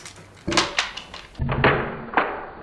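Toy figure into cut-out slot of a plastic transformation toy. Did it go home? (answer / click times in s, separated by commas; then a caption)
no / none. A plastic toy figure is pushed into a freshly cut opening in a modified plastic transformation toy, making several small knocks at about 0.6, 0.8, 1.0, 1.6 and 2.2 seconds. The figure does not fit, and nothing has seated or clicked.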